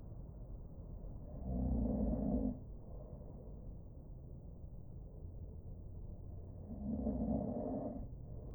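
Two low, rumbling snores from an adult sleeper come about five seconds apart, roughly twelve breaths a minute, over a steady low hum. The sound is dull and muffled, with the higher tones cut away by a soundproofing effect.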